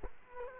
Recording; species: mosquito wingbeat signal from an infrared sensor; Culex quinquefasciatus